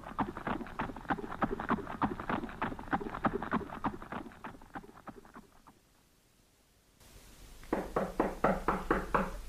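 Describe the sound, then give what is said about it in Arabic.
In an Arabic story, a visitor who has come to see a midwife knocks on a door in a long run of quick, evenly spaced raps, falls silent for a moment, then starts another rapid burst of loud knocks. “سأرى من يدق الباب الآن، لعله دهمان.”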